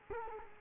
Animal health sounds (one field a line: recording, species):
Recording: mosquito wingbeat signal from an infrared sensor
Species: Culex quinquefasciatus